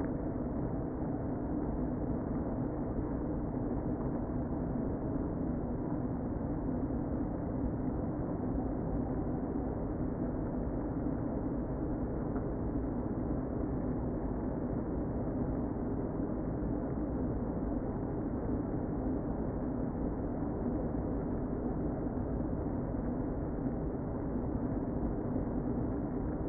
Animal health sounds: honeybee colony, microphone inside the hive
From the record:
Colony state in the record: queen present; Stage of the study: before two queens were removed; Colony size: about 60,000 bees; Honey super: yes

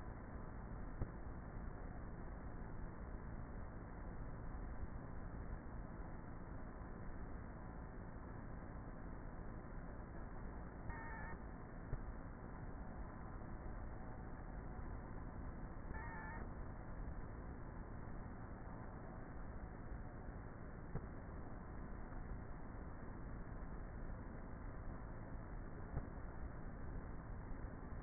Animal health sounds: honeybee colony, microphone inside the hive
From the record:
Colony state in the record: queenless with a low population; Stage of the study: before two queens were removed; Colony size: about 30,000 bees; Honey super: no

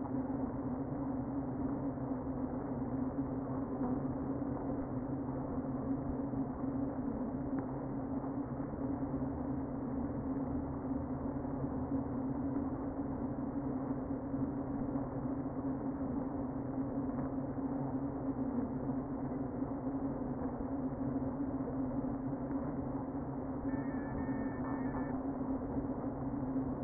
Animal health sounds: honeybee colony, microphone inside the hive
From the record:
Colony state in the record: queen present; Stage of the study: before two queens were removed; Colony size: about 60,000 bees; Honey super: yes

